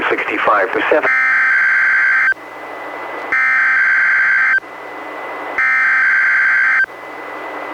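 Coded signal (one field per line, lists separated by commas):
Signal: Emergency Alert System (SAME) tones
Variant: header bursts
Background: speech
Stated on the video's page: NWR Required Weekly Test relayed by NOAA Weather Radio station, recorded from a Reecom R-1630 weather radio through a Zoom H1 recorder.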